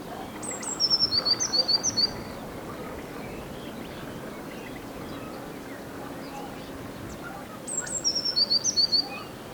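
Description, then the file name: Eurasian blue tit calling twice, each a pair of piercing high notes followed by a fast trill of sharp notes, with several seconds of quiet outdoor background between phrases. "Cyanistes caeruleus"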